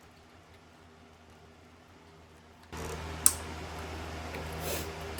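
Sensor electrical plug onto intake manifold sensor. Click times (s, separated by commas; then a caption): 3.3 s. A hard-to-reach sensor electrical plug is pushed by feel onto its sensor on the intake manifold of an MK5 GLI FSI (BPY) during a manifold install. After a quiet stretch, a steady hum and rustling begin at about 2.7 s, and a sharp click at 3.3 s marks the plug seating.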